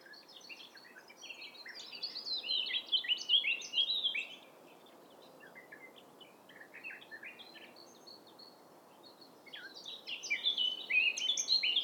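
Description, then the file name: Eurasian blackcap song in several bouts of quick, varied, chattering warble, with a quieter bout between two louder ones. "Sylvia atricapilla"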